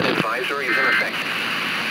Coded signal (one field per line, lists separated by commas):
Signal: Emergency Alert System (SAME) tones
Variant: end-of-message bursts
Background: speech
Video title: FOUND Colorado Statewide AMBER Alert (EAS #12038-12039) 7/26/23